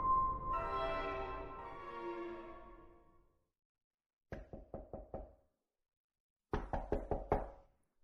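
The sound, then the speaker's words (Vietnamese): After a fading tonal swell, two bursts of rapid knocking on a door from outside, about five sharp raps each, the second round louder and more forceful than the first. “Ở bên ngoài tiếng gõ cửa càng lúc càng to hơn.”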